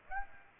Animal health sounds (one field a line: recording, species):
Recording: mosquito wingbeat signal from an infrared sensor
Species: Aedes aegypti